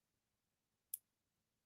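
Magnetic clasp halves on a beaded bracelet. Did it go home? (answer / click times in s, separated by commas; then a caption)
yes / 0.9 s. The two halves of a magnetic clasp on a beaded bracelet are brought together and the clasp mechanism locks shut with a single small, sharp click at 0.9 s. The click is bright and high-pitched against near-silence, and the clasp is seated closed.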